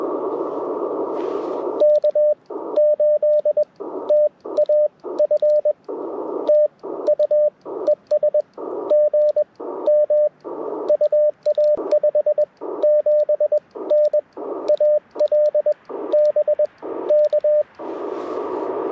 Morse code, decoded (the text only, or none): K8TAF TU ES GM UA 57N AL BK